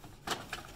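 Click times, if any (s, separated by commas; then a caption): none. A plastic toner cartridge is pushed back into its slot in the toner bay of a Kyocera TA 308ci colour copier. A burst of handling noise comes around 0.3 s, followed by a sharper knock near 0.5 s. The cartridge has not yet snapped home, and nothing has seated or clicked yet.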